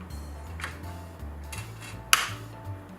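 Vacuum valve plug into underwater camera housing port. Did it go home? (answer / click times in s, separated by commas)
yes / 2.1 s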